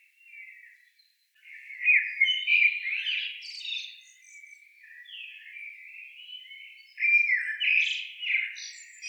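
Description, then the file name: Eurasian blackbird delivering mellow whistled warbling phrases, each ending in scratchy high twitters. "Turdus merula"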